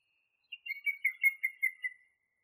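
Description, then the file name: Song thrush song: a fast string of slurred, warbling notes repeated several times in under two seconds. Masteran recording used for training songbirds. "suara masteran songthrush"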